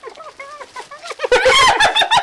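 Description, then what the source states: Spotted hyena giggling: a string of quiet short notes, then a louder, harsher burst of rapid notes. Captive, in a university research colony; call described as a giggle.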